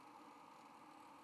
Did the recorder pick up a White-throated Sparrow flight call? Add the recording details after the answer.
no. No flight call is heard. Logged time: 10:17 on 13 November 2014